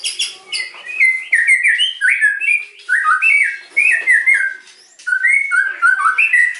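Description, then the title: White-rumped shama delivering loud, varied whistled phrases, each a short slurred or warbling motif, repeated with slight changes and brief gaps between. Lure song (pancingan) meant to provoke an immediate response from other birds; bird described as gacor, singing actively and often. "PANCINGAN MURAI BATU GACORSEKALI DENGAR AMPUH LANGSUNG RESPON"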